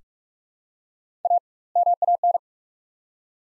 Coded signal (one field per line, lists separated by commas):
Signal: Morse code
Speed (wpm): 47 wpm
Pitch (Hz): 700 Hz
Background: none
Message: A MAN